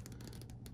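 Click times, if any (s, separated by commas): 0.7 s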